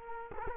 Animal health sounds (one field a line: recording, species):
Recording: mosquito wingbeat signal from an infrared sensor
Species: Culex quinquefasciatus